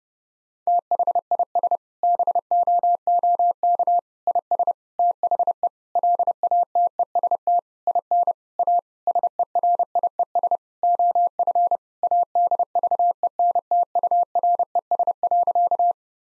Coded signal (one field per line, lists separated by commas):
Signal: Morse code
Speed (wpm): 30 wpm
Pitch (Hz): 700 Hz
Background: none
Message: THIS BOOK IS THE LATEST IN A SERIES OF ADVENTURES.